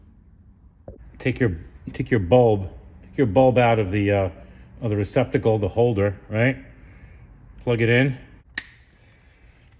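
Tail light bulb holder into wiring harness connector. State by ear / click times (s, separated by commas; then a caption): seated / 8.6 s. Someone talks while plugging the LED brake bulb holder (tail light bulb holder) of a Honda CR-V into its wiring harness connector at the rear hatch, during an upgrade to AUXITO LED lighting. One sharp, loud click is heard at 8.6 s as the connector seats.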